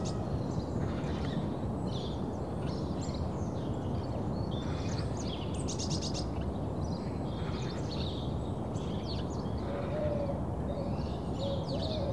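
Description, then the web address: Birds chirping in overlapping high phrases, a rapid rattle midway and low whistled notes near the end, over an unbroken deep rumble. Birds in suburbia in the early morning. "The BBC Sound Effects Library (Suburbia) Early Morning Suburban Birds"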